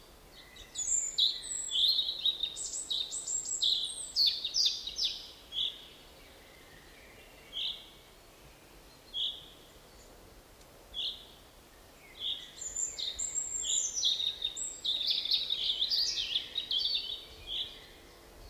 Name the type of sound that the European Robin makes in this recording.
song